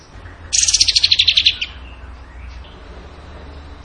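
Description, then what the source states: Bird song: a single rapid, high trill of about a dozen even pulses lasting about one second, then quiet background hiss. Masteran training recording of bird song in the tembakan gacor style.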